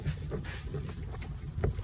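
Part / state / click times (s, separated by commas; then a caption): plastic cap on golf cart body panel / not seated / none. A small plastic cover cap is handled and pushed toward the body panel of a 2008+ Club Car Precedent golf cart after the body hardware has been reinstalled. Low rumbling handling noise is heard, with brief sharp knocks around 1.2 and 1.6 seconds. Nothing has seated or clicked yet; the cap has not snapped home.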